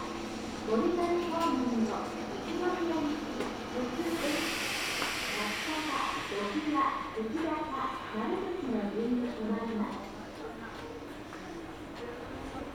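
Voices chatter over the low rumble of a Meitetsu Bisai Line train, with a sharp hiss of air around four seconds.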